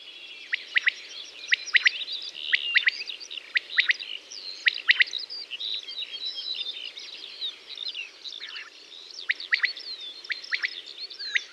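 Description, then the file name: Common quail giving short clipped triple notes through steady twittering and warbling from other birds. "przepiorka"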